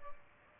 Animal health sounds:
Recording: mosquito wingbeat signal from an infrared sensor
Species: Aedes albopictus

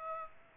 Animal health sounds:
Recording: mosquito wingbeat signal from an infrared sensor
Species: Aedes aegypti

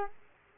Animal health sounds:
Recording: mosquito wingbeat signal from an infrared sensor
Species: Culex quinquefasciatus

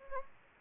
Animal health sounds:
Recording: mosquito wingbeat signal from an infrared sensor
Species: Anopheles gambiae

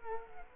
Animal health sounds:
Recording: mosquito wingbeat signal from an infrared sensor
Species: Culex quinquefasciatus

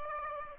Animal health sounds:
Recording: mosquito wingbeat signal from an infrared sensor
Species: Aedes aegypti

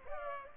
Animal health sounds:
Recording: mosquito wingbeat signal from an infrared sensor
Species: Culex pipiens

